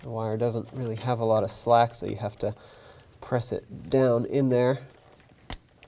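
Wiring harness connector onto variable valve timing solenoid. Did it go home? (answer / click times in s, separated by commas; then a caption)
yes / 5.5 s. Someone talks while pressing the wiring harness connector down onto a new rear-bank variable valve timing (VVT) solenoid on a 2003-2007 Nissan Murano, working in a cramped engine bay where the wire has little slack. A single sharp click is heard at 5.5 s as the connector clicks into place and is seated.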